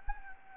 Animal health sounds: mosquito wingbeat signal from an infrared sensor; Anopheles gambiae

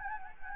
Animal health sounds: mosquito wingbeat signal from an infrared sensor; Anopheles gambiae

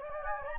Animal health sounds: mosquito wingbeat signal from an infrared sensor; Anopheles gambiae

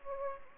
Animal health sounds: mosquito wingbeat signal from an infrared sensor; Anopheles gambiae

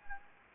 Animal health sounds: mosquito wingbeat signal from an infrared sensor; Anopheles gambiae

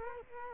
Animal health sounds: mosquito wingbeat signal from an infrared sensor; Culex quinquefasciatus

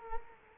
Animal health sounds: mosquito wingbeat signal from an infrared sensor; Culex quinquefasciatus

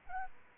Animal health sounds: mosquito wingbeat signal from an infrared sensor; Aedes aegypti

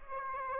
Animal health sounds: mosquito wingbeat signal from an infrared sensor; Aedes aegypti

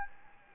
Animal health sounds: mosquito wingbeat signal from an infrared sensor; Anopheles gambiae

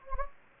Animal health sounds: mosquito wingbeat signal from an infrared sensor; Anopheles gambiae

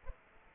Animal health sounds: mosquito wingbeat signal from an infrared sensor; Aedes aegypti

